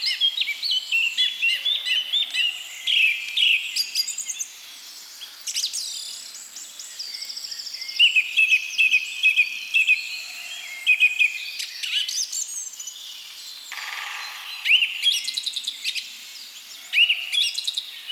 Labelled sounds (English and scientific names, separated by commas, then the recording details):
Song Thrush (Turdus philomelos) song
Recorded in the wild
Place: Waltershofen / Freiburg im Breisgau, Baden-Württemberg, DE
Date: 2003-04-13
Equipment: MiniDisc Sharp MT 20 H, Sennheiser MKH 816
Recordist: Schwarz, Dieter